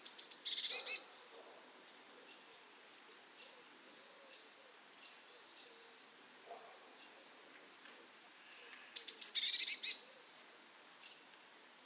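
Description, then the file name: Eurasian blue tit calls, high thin notes opening and closing with buzzy scolding chatter bursts, soft faint ticks spaced between them. "Cyanistes caeruleus"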